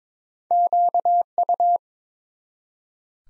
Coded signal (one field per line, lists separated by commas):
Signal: Morse code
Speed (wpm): 23 wpm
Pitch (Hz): 700 Hz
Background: none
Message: QU